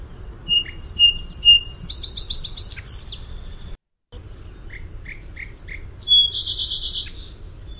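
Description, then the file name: Song sparrow singing twice: each song opens with clear whistled notes followed by rapid trills and buzzy ends, with a short silent break between the songs. "SOSP song"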